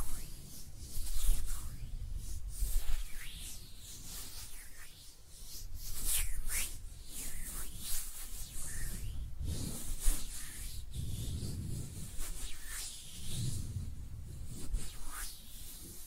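Hands rub and brush against each other and against surfaces, making a steady run of dry, hissing swishes with a strong low rumble underneath. Short bright scrapes and ticks break through every second or so, with sharper bursts around six and ten seconds.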